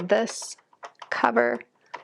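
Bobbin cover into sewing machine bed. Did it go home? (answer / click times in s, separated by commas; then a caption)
no / none. A plastic bobbin cover is being put back onto the sewing machine bed after the bobbin has been inserted, while someone talks. Light handling taps and clicks are heard near the end, but the cover has not seated or clicked into place yet.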